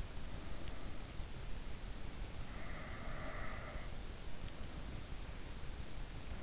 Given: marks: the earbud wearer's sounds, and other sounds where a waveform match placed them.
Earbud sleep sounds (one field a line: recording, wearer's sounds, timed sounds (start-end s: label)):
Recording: sounds in sleep by an in-ear microphone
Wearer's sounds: breath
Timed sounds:
2.67-3.67 s: breath